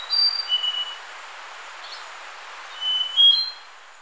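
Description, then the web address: Slaty-backed nightingale-thrush song: a few clear, high whistled notes at the start, a quiet gap, then another short whistled phrase near the end, over faint hiss. Ecuador. "Natures Songs S America Birds of Ecuador Slaty-backed Nightingale-Thrush"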